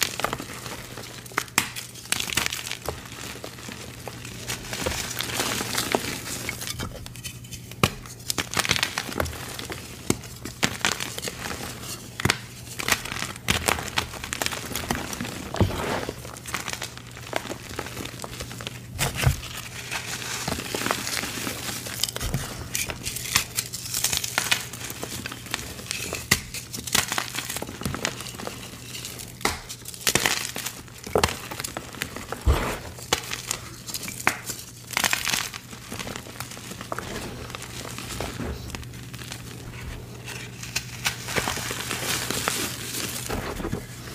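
Gym chalk blocks are crushed nonstop, a dense, continuous run of gritty crunching and crumbling with frequent sharper cracks scattered throughout. The texture stays bright and busy from start to finish, with no pauses. A steady low hum runs underneath the whole time.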